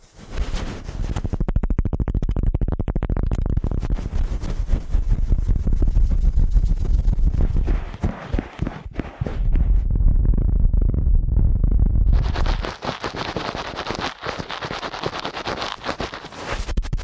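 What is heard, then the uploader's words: Ear cleaning sounds come as dense, fast scratching and rubbing, heavy and low, with brief dropouts near 8 seconds and a brighter, crackly stretch after 12. ASMR Ear Cleaning at Helicopter Speed.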